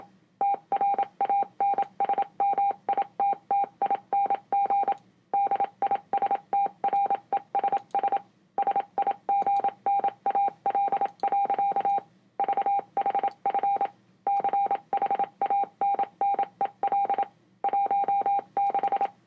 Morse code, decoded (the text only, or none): TRANSMITTING DISTRESS SIGNAL. VHF CHANNEL 16